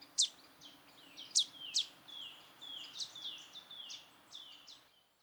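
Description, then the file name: Marsh tit calls, high downward-sweeping notes, a few louder sharp ones early, then a run of softer slurred calls over a steady low hum. "Poecile palustris"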